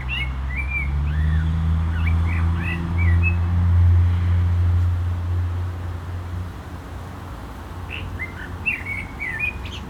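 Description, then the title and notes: Common blackbird singing short mellow whistled phrases with squeaky endings at the start and close, while loud low traffic rumble runs through most. Singing in a barranco at Agaete, Las Palmas, Spain; cars on a road nearby; recorded with DPA-2006c microphones in AB position into a MixPre-3. "Agaete, Las Palmas, Espagne - Blackbird singing in the barranco. Un merle chante dans le barranco, voitures sur la route pas loin"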